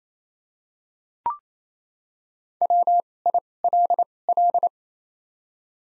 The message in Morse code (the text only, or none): W I L L